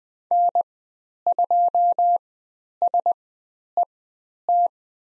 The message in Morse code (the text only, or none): N2SET